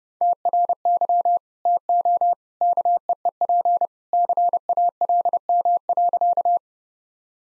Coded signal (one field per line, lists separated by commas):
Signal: Morse code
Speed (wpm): 30 wpm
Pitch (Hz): 700 Hz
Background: none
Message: TRY TO KEEP CALM.